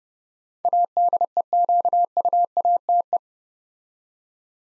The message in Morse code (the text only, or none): ADEQUATE